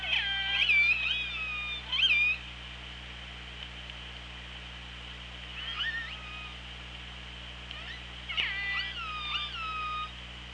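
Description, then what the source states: Killer whale calls: bursts of harmonic, upswept and falling squeals at about 0, 2, 6 and 8.5 seconds over steady low hydrophone hum and hiss. Recorded by OrcaLab hydrophone, 24 August 2017, at 16:26.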